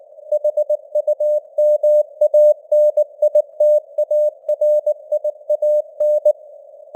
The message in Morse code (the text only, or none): HUMANITARIAN